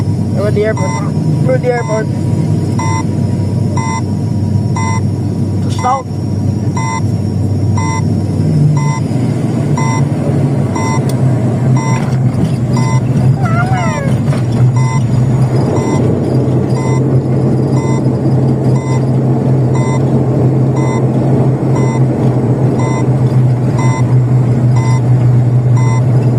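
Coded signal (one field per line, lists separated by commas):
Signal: none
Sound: speed app's warning beeps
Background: speech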